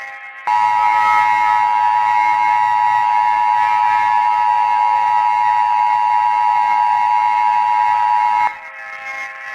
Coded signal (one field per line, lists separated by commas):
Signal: Emergency Alert System (SAME) tones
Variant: 853 and 960 Hz attention tone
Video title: EAS Scenario // The Red Haze (Fall Brawl 2023) //